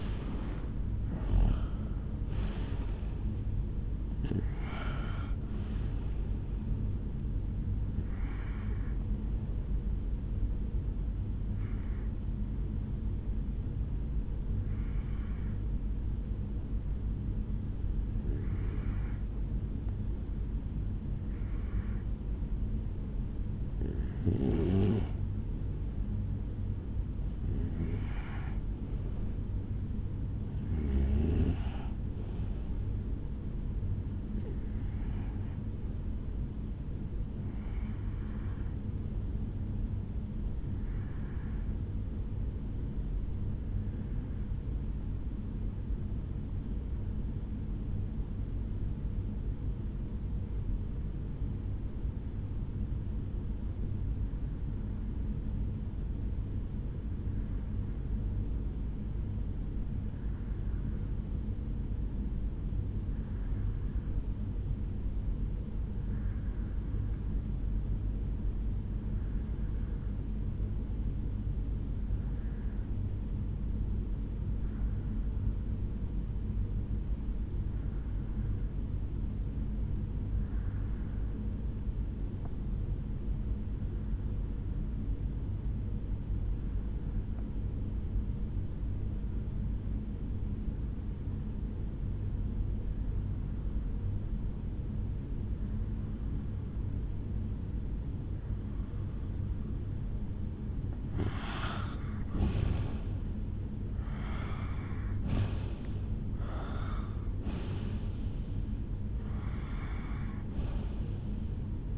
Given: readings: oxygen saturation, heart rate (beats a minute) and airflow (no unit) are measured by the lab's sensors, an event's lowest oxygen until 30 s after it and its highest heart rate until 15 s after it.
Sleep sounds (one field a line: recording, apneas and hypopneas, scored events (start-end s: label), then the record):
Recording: breathing in sleep by a smartphone at the bedside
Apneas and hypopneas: 1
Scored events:
34.00-103.90 s: hypopnea (REM, oxygen 95% highest, then 78% lowest, heart rate 70 at the start, 77 highest)
From the record:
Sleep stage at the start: REM sleep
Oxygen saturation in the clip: 76 to 96%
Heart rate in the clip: 63 to 80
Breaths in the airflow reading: 30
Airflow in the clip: -12.2 to 9.9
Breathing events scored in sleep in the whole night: 449 in 7.0 hours asleep